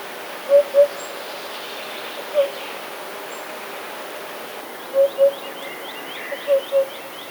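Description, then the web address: Eurasian hoopoe with soft hooting notes, mostly in pairs, separated by pauses, over quiet background hiss and faint bird chirps. "wroblowe kolekcja dudek"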